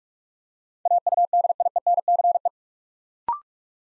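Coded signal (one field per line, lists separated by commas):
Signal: Morse code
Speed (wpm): 44 wpm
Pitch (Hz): 700 Hz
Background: none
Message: AUDIENCE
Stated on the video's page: Morse practice at 45 wpm, building 8-letter words two letters at a time for instant character recognition.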